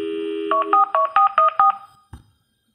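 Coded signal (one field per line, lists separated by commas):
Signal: none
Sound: car stereo beeps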